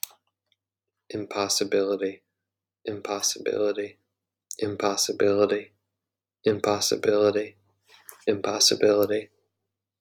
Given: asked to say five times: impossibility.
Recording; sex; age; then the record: repeated word; male; 30 to 39 years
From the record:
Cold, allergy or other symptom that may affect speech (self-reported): no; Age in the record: 34 years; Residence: Wisconsin, United States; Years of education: 16